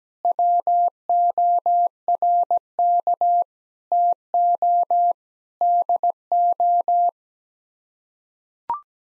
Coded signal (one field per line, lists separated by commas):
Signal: Morse code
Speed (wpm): 17 wpm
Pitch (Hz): 700 Hz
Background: none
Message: WORK TO DO